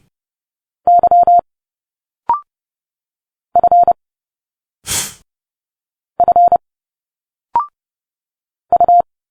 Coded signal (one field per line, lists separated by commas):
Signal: Morse code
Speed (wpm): 29 wpm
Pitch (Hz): 700 Hz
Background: none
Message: Y F F U